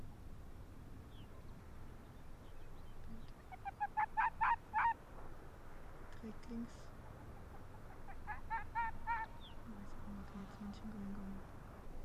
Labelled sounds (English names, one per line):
Arctic Fox